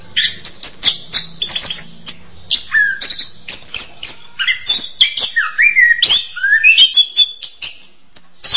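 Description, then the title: Bird singing a lively, varied warble of high chirps, quick whistled slurs and trills, with hardly any pause. "kikicau"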